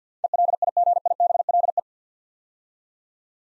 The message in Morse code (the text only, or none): ELIGIBLE